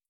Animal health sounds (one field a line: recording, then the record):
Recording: hydrophone in a shrimp aquaculture tank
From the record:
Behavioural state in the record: starved